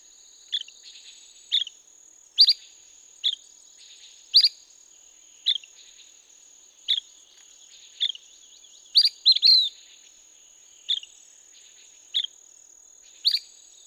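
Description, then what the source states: La Sagra's flycatcher giving short, sharp call notes repeated roughly every second, once in a quick cluster, with a constant high-pitched insect drone behind. Recorded 17 May 2016.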